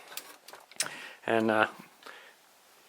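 A plastic ratcheted rotation joint on the side of an action figure is turned between its raised and lowered positions, making a series of small ticks and clicking into place with a sharp click at 0.8 s. Someone talks briefly afterward, and the joint turns fairly tight and clicky.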